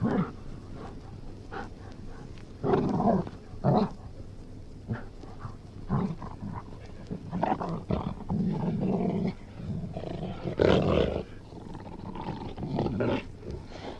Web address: Golden Retriever growling